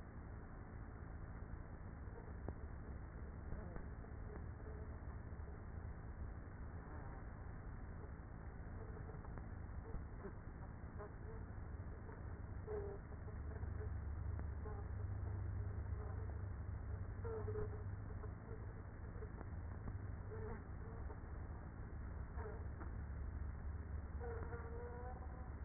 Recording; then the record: honeybee colony, microphone inside the hive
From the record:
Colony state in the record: queenless with a low population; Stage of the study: after two queens were removed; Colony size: about 30,000 bees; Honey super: no